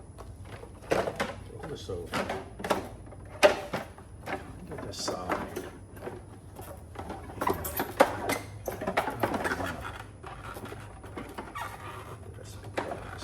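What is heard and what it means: During a cord replacement on a Nautilus CC Supreme pool cleaner robot, someone talks while handling a plastic slide piece meant to snap into a groove on the robot's housing, with sharp knocks and clatter at about 3.4 s, 8.0 s and 9.0 s. Nothing has seated or clicked yet; the slide piece is not yet home in its groove.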